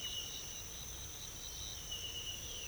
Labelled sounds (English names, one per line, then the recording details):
none
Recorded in pastures near Puerto Asís, Putumayo, Colombia, on 22 December 2024 at 06:00
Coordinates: 0.486, -76.323
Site GP01